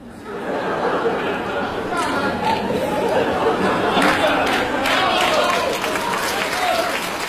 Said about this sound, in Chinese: 掌声响起。